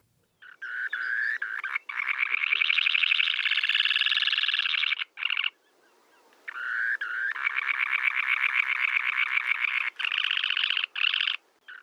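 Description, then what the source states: Semipalmated Sandpiper giving a long, high, buzzy trill, a rapid rattling pulse held for several seconds, breaking off and resuming. Males in the Arctic, arrived from northern coastal South America while the ground is still snow-covered with bare grass patches, staking out territories.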